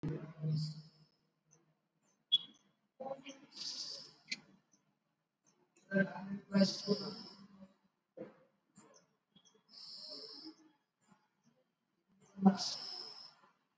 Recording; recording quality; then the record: deep breathing; moderate, slight background noise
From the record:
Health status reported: exposed to COVID-19, no respiratory illness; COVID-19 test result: not tested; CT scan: not taken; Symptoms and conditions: none ticked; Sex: female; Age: 54 years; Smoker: no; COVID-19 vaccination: both doses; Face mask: not worn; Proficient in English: yes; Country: India